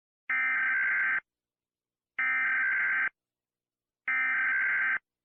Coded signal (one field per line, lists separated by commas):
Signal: Emergency Alert System (SAME) tones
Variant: header bursts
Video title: {Mock} EAS Scenario Short #4 - Lava Rain